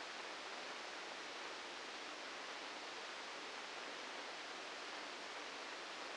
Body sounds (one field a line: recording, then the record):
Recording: brain microelectrode recording played as sound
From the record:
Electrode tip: outside the subthalamic nucleus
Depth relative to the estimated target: -3 mm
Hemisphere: left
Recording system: NeuroSet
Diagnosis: Parkinson's disease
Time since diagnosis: 9 years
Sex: male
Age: 61 years